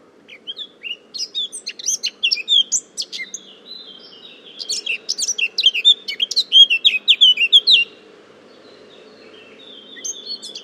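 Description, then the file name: Eurasian blackcap song: chattering warble building to a loud burst of rich whistled notes lasting several seconds, then a few soft notes, with faint low hum. "Sylvia atricapilla"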